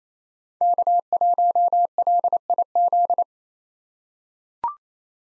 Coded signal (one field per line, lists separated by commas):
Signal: Morse code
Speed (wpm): 28 wpm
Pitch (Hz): 700 Hz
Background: none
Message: K1LIZ